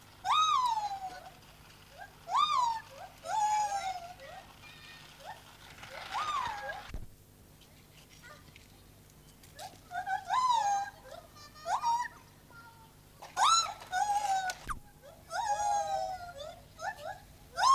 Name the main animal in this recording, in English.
Lar Gibbon